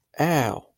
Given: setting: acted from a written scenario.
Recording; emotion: vocal sound without words; pain